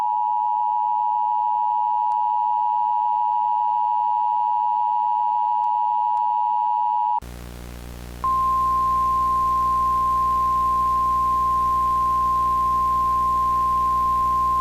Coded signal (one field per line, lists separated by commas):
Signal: Emergency Alert System (SAME) tones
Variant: 853 and 960 Hz attention tone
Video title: upcoming eas scenario leaked !!!